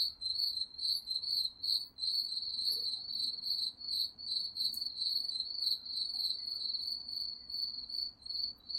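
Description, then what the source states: Cricket chirping, a high shrill pulsed trill in steady short bursts with brief uneven gaps, continuing throughout against a quiet background. Crickets recorded at night.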